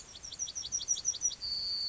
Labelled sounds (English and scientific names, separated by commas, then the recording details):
Yellowhammer (Emberiza citrinella) song
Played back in grassland
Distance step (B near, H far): E
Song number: 145